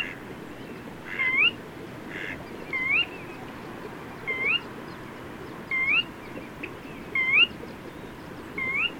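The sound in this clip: Bird song of short, rising whistles at an even pace of roughly one note every 1.4 seconds, with a couple of soft bursts and background hiss.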